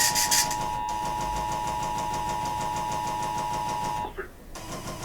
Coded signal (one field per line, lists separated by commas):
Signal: Emergency Alert System (SAME) tones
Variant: 853 and 960 Hz attention tone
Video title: 7 NOAA Required Weekly Tests || 3/6/24 (EAS #2,379-2,385)